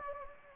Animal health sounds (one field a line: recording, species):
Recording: mosquito wingbeat signal from an infrared sensor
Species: Anopheles gambiae